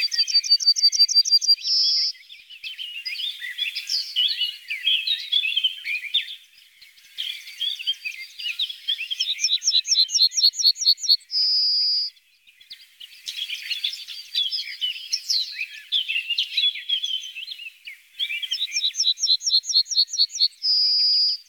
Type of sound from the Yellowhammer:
song